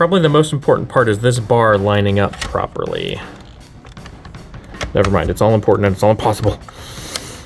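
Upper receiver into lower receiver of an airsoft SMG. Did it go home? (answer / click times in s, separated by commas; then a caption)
yes / 7.2 s. Someone talks while reassembling an AGM Matrix MP40 airsoft AEG submachine gun, pushing its metal upper receiver into its track on the lower receiver, with a few faint ticks between about 4.0 and 4.8 s. A single sharp click at 7.2 s marks the upper receiver snapping into the lower receiver, and it is seated and good.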